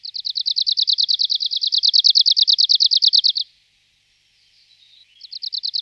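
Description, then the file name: Arctic warbler trill of rapid, evenly spaced high notes running over three seconds, a pause with soft twittering, then the trill starting again. "budníček-severní"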